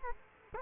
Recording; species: mosquito wingbeat signal from an infrared sensor; Culex quinquefasciatus